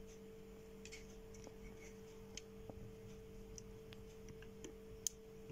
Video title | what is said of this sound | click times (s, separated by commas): 2023 best camera for tourism - wifi hd picket camera review - mini wifi pocket camera with wide lans | एक sound आएगा, उसके बाद memory card lock होगा, अंदर जाके लॉक हो जाएगा, ठीक | 5.1 s